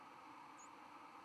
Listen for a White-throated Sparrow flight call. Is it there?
no